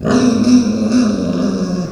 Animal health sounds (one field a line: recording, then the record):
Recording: squeal of a Yucatan mini pig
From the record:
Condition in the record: after surgery on the right vocal fold (resection and tissue-engineered implant)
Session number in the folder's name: 9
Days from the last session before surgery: 65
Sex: female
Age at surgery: 19 weeks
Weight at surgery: 25 kg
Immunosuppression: prednisolone